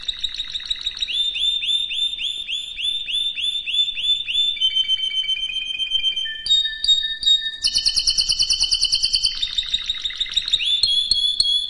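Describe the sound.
Canary song of repeated rising chirps at a steady fast pace, then varied high rolls and buzzy trills, very bright and continuous.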